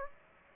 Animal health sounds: mosquito wingbeat signal from an infrared sensor; Aedes aegypti

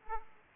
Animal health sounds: mosquito wingbeat signal from an infrared sensor; Aedes aegypti

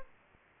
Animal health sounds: mosquito wingbeat signal from an infrared sensor; Aedes albopictus

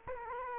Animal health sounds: mosquito wingbeat signal from an infrared sensor; Culex quinquefasciatus

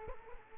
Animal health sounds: mosquito wingbeat signal from an infrared sensor; Culex quinquefasciatus

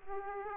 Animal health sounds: mosquito wingbeat signal from an infrared sensor; Aedes aegypti

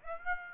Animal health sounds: mosquito wingbeat signal from an infrared sensor; Aedes aegypti

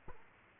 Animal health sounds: mosquito wingbeat signal from an infrared sensor; Culex quinquefasciatus

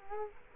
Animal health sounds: mosquito wingbeat signal from an infrared sensor; Culex quinquefasciatus

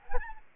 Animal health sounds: mosquito wingbeat signal from an infrared sensor; Aedes albopictus

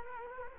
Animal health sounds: mosquito wingbeat signal from an infrared sensor; Culex quinquefasciatus

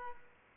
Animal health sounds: mosquito wingbeat signal from an infrared sensor; Aedes aegypti

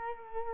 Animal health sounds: mosquito wingbeat signal from an infrared sensor; Culex quinquefasciatus

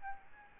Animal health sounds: mosquito wingbeat signal from an infrared sensor; Aedes albopictus

